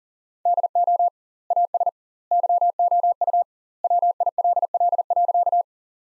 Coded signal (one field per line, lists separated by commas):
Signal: Morse code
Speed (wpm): 40 wpm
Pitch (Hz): 700 Hz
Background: none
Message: DO AS YOU WILL.